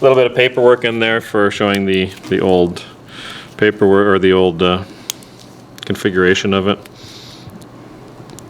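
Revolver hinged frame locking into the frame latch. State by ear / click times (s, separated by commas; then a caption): seated / 8.4 s. Someone talks, then the hinged frame of an antique revolver is swung up and locks shut into the frame latch, with scattered small handling clicks. A sharp final hit at 8.4 s is the lock engaging, and the action is confirmed seated in place.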